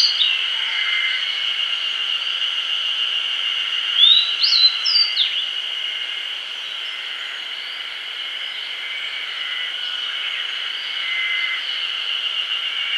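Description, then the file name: Grey bunting giving a single phrase around four seconds: a slurred rising whistle followed by two quick high notes, over a continuous high background drone. "Emberiza variabilis"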